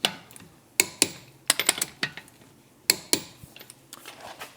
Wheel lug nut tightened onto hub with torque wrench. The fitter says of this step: listen to The Click if you have a click type torque wrench